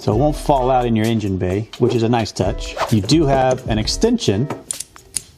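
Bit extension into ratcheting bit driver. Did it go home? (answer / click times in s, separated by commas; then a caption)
yes / 5.2 s. A bit extension is pushed onto a ratcheting bit driver and snaps into its locking stoppers while someone talks. A few sharp clicks follow the speech, and the extension locks into place at 5.2 s.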